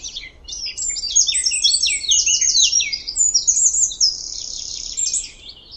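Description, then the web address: Birds chirping busily: a tangle of high, quick, downslurred chips and trills, overlapping almost without pause, with a low steady hum beneath. "Deverinetal 2025 File origin Bird Only"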